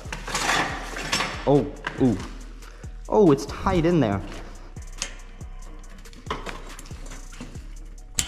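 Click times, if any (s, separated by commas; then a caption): 8.2 s. A wrench works a bolt on the frame of an electric motorbike while someone talks, with scattered metallic clinks and knocks along the way. At 8.2 s the wrench slips on the bolt with a sharp metallic bang, stripping the wrench, so another tool is needed.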